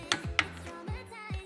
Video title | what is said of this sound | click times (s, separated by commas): I FIXED AN AUDI: FULL SERIES COMPILATION! | Another satisfying click. | 0.1 s, 0.4 s